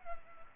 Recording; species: mosquito wingbeat signal from an infrared sensor; Culex pipiens